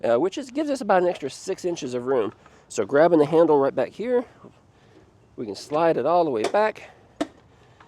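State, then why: Seated. Someone talks as an e-trike seat is slid all the way back on its rail to its rearmost position using the release handle. A sharp click at 7.2 s is the seat slider latch locking into place at the rear position.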